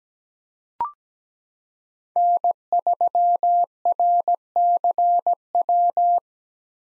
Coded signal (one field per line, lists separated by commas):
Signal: Morse code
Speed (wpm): 17 wpm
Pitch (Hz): 700 Hz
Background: none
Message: N3RCW